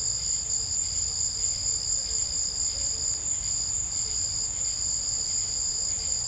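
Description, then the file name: Crickets chirping in a dense, steady high-pitched chorus, continuous throughout over a low background rumble. Crickets on a southern summer evening. "Southern Summer Evening Ambience With Crickets"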